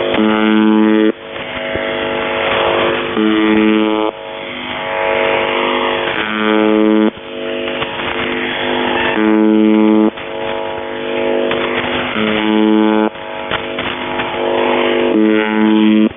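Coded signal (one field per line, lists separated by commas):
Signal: channel marker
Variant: UVB-76 (The Buzzer)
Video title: Kerro malfunction and beeps and screaming and morse code in the background on the buzzer 4625khz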